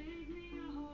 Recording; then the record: background sound without coughing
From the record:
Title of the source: BackgroundMusic3